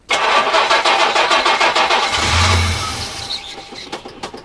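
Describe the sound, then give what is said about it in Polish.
A car starter cranks in a fast, rhythmic chatter for about two seconds, the engine briefly catches with a deep rumble, then it sputters out and fades as the car stalls at traffic lights, with no voices. “Z gazem to chyba niestety zgasło na światłach.”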